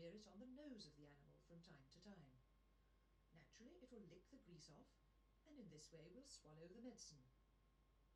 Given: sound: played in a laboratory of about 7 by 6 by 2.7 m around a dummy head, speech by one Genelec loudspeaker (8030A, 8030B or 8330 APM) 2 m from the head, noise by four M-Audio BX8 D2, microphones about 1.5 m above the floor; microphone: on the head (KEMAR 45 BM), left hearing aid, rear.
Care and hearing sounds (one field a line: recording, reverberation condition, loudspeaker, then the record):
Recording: female speech in English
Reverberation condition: low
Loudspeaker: 30 degrees to the right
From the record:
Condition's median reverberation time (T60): about 310 ms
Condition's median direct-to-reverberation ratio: about 3.5 dB